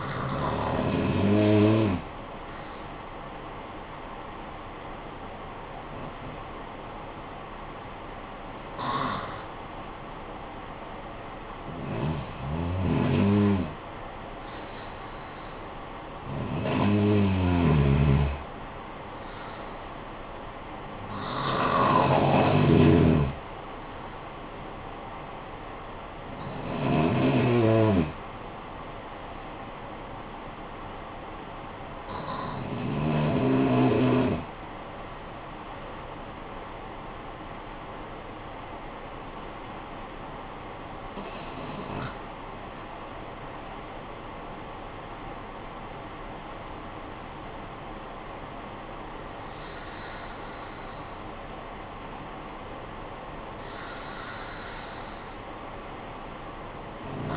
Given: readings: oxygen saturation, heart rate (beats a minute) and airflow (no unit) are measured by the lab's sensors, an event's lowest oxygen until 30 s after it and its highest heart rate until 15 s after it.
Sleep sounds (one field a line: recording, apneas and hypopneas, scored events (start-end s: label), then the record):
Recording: breathing in sleep by a voice recorder at the bedside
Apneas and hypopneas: 2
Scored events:
3.00-14.40 s: hypopnea (N1, oxygen 94% highest, then 91% lowest, heart rate 49 at the start, 63 highest)
30.00-41.40 s: hypopnea (N1, oxygen 93% highest, then 90% lowest, heart rate 53 at the start, 69 highest)
52.00-57.37 s: new sleep stage, awake
From the record:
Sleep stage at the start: N1 (lightest sleep)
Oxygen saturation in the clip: 89 to 95%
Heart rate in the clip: 49 to 69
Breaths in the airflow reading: 10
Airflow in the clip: -12.0 to 16.5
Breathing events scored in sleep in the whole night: 445 in 7.6 hours asleep